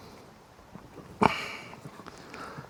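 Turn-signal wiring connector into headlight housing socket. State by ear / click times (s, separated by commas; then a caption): seated / 1.3 s. A turn-signal wiring connector is pushed into the plastic socket on an LED headlight housing for a 4th-gen Ram 2500. It gives a sharp, bright click at 1.3 s, the loudest sound in the clip, amid low background noise and a few faint ticks. The connector clicks in and is seated all the way.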